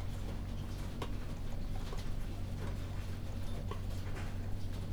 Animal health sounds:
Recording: poultry house recording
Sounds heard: no chicken sound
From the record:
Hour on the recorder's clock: 0

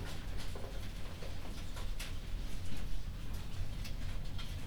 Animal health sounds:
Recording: poultry house recording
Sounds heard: no chicken sound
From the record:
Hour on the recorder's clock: 22

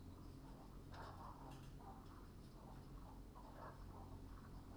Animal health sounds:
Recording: poultry house recording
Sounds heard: healthy chickens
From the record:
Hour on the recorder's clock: 21

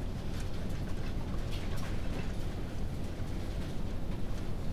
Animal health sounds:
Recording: poultry house recording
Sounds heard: healthy chickens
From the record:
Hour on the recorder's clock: 19

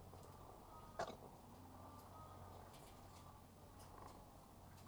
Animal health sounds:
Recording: poultry house recording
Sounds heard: sick chickens (respiratory disease)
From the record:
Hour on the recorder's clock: 12

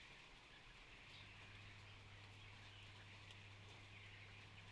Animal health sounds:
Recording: poultry house recording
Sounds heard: healthy chickens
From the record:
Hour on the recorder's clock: 13

